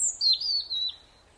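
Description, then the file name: European robin song fragment, a thin high whistle that drops in pitch, then a wavering lower note that fades. "Erithacus rubecula"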